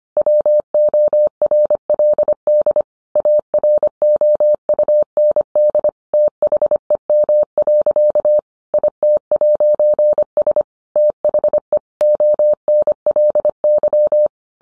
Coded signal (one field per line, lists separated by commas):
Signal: Morse code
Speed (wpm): 25 wpm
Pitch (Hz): 600 Hz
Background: none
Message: WORLD AROUND THEM. IT'S THE ONLY